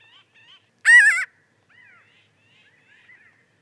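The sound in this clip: Pinyon jay uttering one loud nasal call, with softer, thinner call notes heard faintly before and after it.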